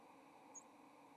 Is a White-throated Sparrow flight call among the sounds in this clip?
no